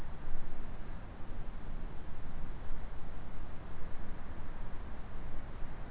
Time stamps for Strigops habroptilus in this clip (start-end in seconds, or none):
none